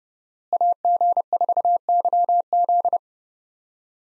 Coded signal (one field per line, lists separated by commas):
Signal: Morse code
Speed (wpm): 32 wpm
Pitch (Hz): 700 Hz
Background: none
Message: AG4YZ